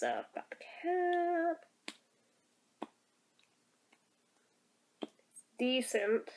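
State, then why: Partly seated. A plastic cap is pushed onto a lip balm tube, making sharp snaps at about 1.9 s and 2.8 s, with fainter ticks afterward. The cap doesn't really click into place properly and feels loose. Someone talks before and after, with a brief stretch of music near the start.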